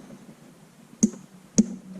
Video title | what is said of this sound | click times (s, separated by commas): Honda CRF250X Carb Job | that's the snap you want to hear | 1.0 s, 1.6 s